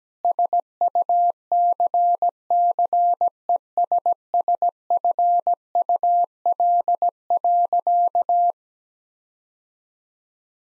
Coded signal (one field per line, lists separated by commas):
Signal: Morse code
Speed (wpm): 17 wpm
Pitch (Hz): 700 Hz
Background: none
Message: SUCCESSFUL.